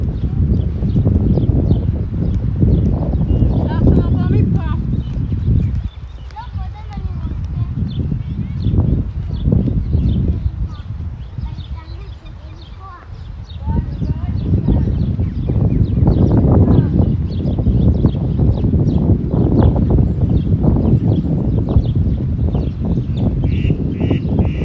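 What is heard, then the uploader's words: A walk through a city park in Modiin, Israel, filled with a dense murmur of voices and footsteps. Birds chirp through the middle, most clearly between about six and fourteen seconds when the crowd noise thins, before the busy chatter swells back. City Park Sounds. Walking In Modiin, Israel.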